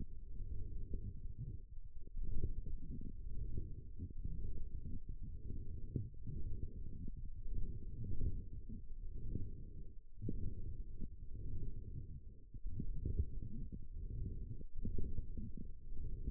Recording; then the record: forearm muscle sounds (acoustic myography)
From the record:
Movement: forearm supination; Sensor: system 1, eight BSWA MPA416 microphones around the upper forearm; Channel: 3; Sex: female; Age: 21 years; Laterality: right